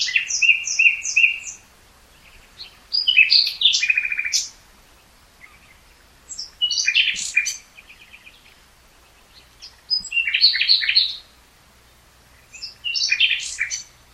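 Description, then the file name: Common nightingale song in five separate phrases, each mixing rapid repeated chirps, harsh clicks and piercing high notes, with short quiet pauses between them. "Luscinia megarhynchos"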